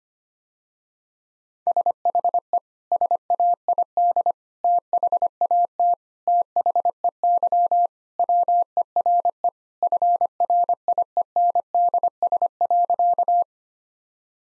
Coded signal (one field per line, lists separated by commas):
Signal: Morse code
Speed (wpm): 25 wpm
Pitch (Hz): 700 Hz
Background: none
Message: SHE SAID THAT THEY WERE FRIENDS.